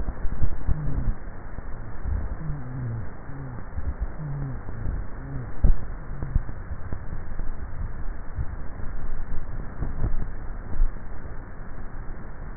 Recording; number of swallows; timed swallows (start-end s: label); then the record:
swallowing sounds by neck microphone; 2
7.28-8.12 s: swallow
10.05-10.85 s: swallow
From the record:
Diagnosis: dysphagia